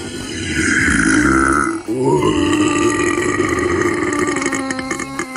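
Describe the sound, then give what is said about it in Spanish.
One very loud, long burp, the loudest recorded in history at 112.4 decibels, rumbles on for about five seconds, deep and raspy, dipping briefly partway through before continuing in a steady, gravelly drone. No one speaks. “El eructo más ruidoso de la historia, 112,4 decibelios. Y lo tenemos grabado.”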